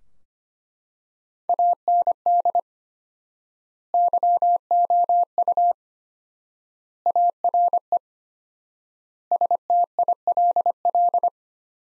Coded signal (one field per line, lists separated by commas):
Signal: Morse code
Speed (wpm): 25 wpm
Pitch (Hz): 700 Hz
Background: none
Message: AND YOU ARE STILL